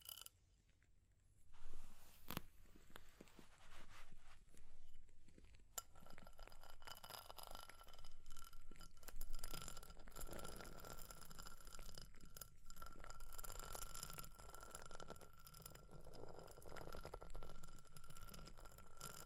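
Irregular crackling, tapping and scratching, sparse at first with a sharp snap near two seconds, then denser and steadier with a faint high tone.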